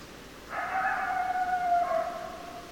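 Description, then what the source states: Coyote howl, one strong sustained note of about two seconds, sliding slightly lower as it fades, with light background hiss. More than one coyote, recorded 10 December 2012.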